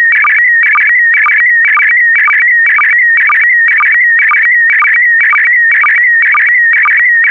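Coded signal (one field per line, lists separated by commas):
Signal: SSTV (slow-scan television)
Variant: PD120 mode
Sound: steady whistling tone with rapid chirpy warble, repeating about twice per second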